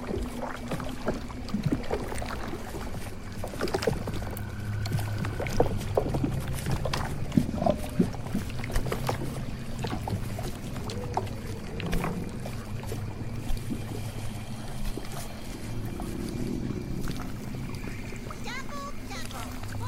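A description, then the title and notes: A swamp ambience with a steady low rumble and a continuous bed of murky background noise. Frequent short clicks, creaks and knocks scatter throughout, with occasional grunting animal calls and faint higher chirps drifting in and out. Witch's swamp house asmr Ambience. Swamp ambience.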